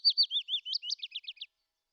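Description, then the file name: Willow warbler song: a short phrase of sweet slurred whistled notes, about one and a half seconds long. "fitis"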